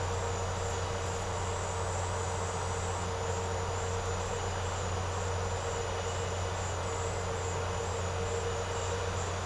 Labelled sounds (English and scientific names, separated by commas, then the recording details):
none
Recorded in secondary vegetation near Puerto Asís, Putumayo, Colombia, on 4 March 2025 at 16:00
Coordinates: 0.468, -76.324
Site G059